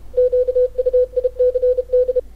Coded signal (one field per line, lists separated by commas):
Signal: Morse code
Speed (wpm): 32 wpm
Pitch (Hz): 500 Hz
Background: radio noise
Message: QUICD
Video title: Tech Note 078 - ESP32 Real Time Morse Decoder